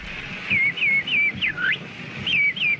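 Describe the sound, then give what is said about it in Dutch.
A person whistles an imitation of a chaffinch call: a series of short, high descending chirps in a lively rhythm, with one swooping dip-and-rise note in the middle. “Imitatie van dieren. Een vinkje.”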